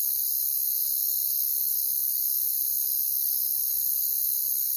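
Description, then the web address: Crickets trilling together in an unbroken, very high, hissing drone that stays constant from start to finish. "Nature Songs Nature Sounds Sounds of Nature Collection Crickets"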